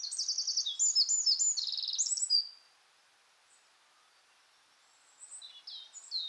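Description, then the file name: Eurasian wren song, a quick high trilling phrase of about two and a half seconds, a pause, then another phrase beginning. "Troglodytes troglodytes"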